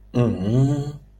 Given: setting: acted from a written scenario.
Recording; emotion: vocal sound without words; confusion